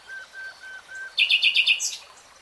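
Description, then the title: Nightingale song: four soft level whistles, evenly spaced, then a sudden loud rapid trill ending on a high squeaky note. Three-hour real-time recording. "[Tiếng chim hót] Nightingale Singing"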